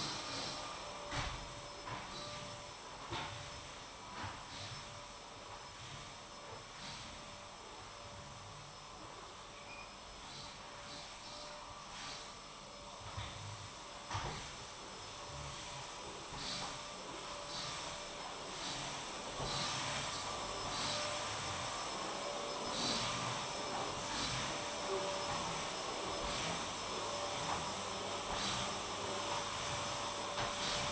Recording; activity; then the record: daily activity, microphone in the room; vacuum cleaning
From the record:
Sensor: 1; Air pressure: 1011.9 hPa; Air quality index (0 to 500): 239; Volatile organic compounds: 6 ppm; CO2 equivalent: 1899 ppm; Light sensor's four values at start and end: 9/21/9/9 and 8/20/8/8